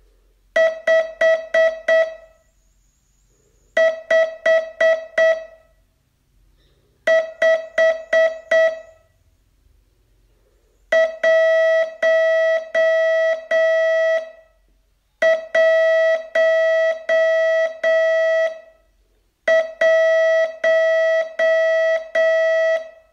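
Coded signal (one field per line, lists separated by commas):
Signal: Morse code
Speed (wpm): 7 wpm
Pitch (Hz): 650 Hz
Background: none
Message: 5 5 5 111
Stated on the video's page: Day 24 test of a 42-day Morse training course.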